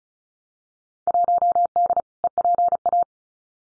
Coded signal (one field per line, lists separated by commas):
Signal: Morse code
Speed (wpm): 36 wpm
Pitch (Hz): 700 Hz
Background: none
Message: 1D EPA